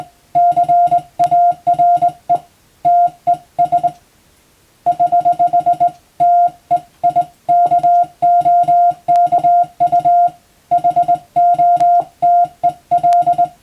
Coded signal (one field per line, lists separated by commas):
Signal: Morse code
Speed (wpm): 21 wpm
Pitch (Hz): 700 Hz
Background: music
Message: CARE TES <HH> TEIKOKU HOTEL